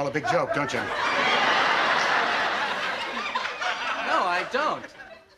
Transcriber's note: laughter